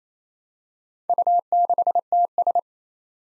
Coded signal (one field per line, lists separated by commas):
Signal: Morse code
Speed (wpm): 29 wpm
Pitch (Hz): 700 Hz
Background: none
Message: U6TS